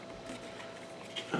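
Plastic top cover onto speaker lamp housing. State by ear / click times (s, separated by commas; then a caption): not seated / none. The plastic top shell of an egg-shaped Dikaou Bluetooth speaker with a flame LED lamp is pressed back down onto its housing. Over a low steady background hum, only a faint thud is heard at about 1.3 seconds. The snap-on cover does not click into place.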